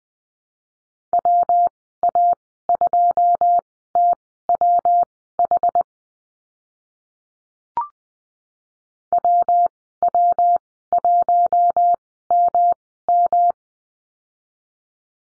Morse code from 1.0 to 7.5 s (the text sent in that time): WA2TWH